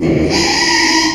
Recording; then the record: squeal of a Yucatan mini pig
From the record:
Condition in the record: after surgery on the right vocal fold (resection and tissue-engineered implant); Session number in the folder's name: 2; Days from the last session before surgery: 13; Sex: male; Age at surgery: 12 weeks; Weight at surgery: 13 kg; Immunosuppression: cyclosporine, prednisolone